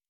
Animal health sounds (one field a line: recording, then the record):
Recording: hydrophone in a shrimp aquaculture tank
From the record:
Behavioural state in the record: normal